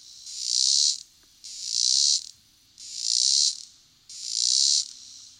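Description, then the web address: Robinson's cicada song: harsh, high, rasping buzzes, each lasting close to a second, separated by brief pauses and repeated four times at an even pace. "The Songs of Insects. Robinson's Cicada"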